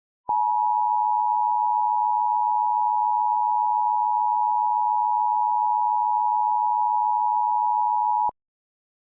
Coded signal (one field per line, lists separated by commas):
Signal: Emergency Alert System (SAME) tones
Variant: 853 and 960 Hz attention tone